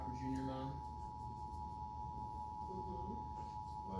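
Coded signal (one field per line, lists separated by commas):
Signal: Emergency Alert System (SAME) tones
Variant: 853 and 960 Hz attention tone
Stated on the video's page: TV child abduction alert, recorded with talking in the background.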